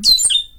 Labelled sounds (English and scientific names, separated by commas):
Stitchbird (Notiomystis cincta) song